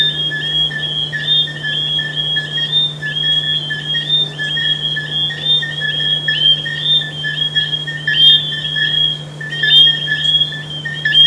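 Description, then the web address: Frogs calling in chorus, high piping notes overlapping, accompanied by a persistent low droning hum. "humbot audio frogs"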